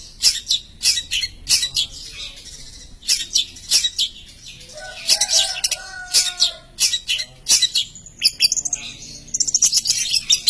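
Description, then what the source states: Long-tailed shrike song, sharp high chips separated by pauses, with a softer warbled passage of mid-pitched notes partway through. Masteran recording, a collection of various songbird sounds used for training songbirds.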